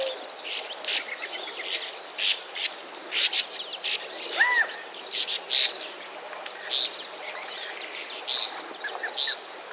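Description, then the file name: Bank swallow calls, short harsh buzzy bursts repeated irregularly, several louder ones in the second half; brief whistled notes midway, over a steady background hiss. "Bank Swallow - Riparia riparia"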